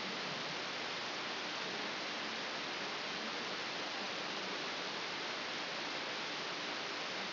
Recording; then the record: brain microelectrode recording played as sound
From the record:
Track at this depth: inside the subthalamic nucleus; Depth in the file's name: 6.907 mm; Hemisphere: left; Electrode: 2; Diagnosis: Parkinson's disease